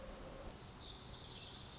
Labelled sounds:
Pacific Wren

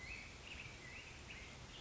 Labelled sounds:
Black-headed Grosbeak

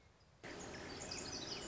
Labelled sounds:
Song Sparrow

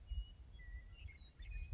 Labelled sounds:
Western Meadowlark

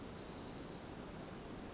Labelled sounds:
Pacific Wren

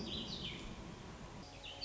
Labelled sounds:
Warbling Vireo

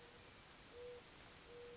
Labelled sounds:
Mourning Dove

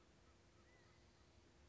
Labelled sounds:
California Quail

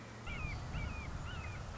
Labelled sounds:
Red-shouldered Hawk

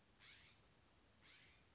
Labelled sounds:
California Scrub-Jay

